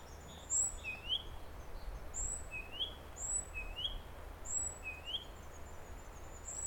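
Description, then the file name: Great tit giving a quick series of paired notes, high thin whistle and rising lower slur, recurring about every second and a half against low steady noise. "Parus major"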